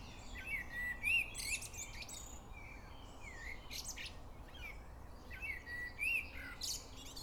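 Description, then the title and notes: Bird song: high, bright chirping phrases and a short rising-falling whistle, in bursts, over a steady low rumble of background noise. Evening song, Prioksky district, Nizhny Novgorod, Nizhny Novgorod region, Russia. "Приокский р-н, Нижний Новгород, Нижегородская обл., Россия. Вечернее пение"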